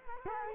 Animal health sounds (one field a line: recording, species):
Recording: mosquito wingbeat signal from an infrared sensor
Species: Culex quinquefasciatus